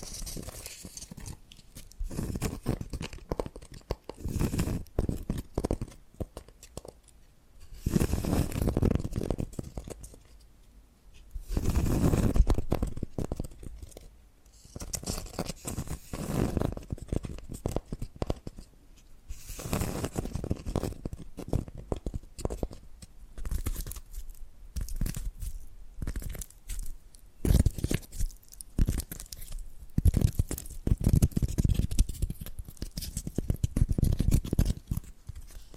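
Tapping and scratching sounds come in irregular clusters of quick, crisp strokes, with louder bursts of rough scraping around 8–10 seconds, 12 seconds and near the end. Quieter gaps separate the busier stretches, and a faint low rumble sits underneath.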